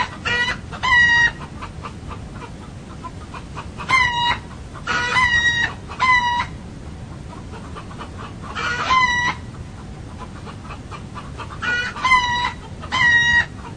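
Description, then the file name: Roosters crowing, several crows in quick succession, some short and some drawn out, with steady background noise. Several roosters crowing, recorded 2 October 2007. "galli cantano da gallina 2 ott 2007"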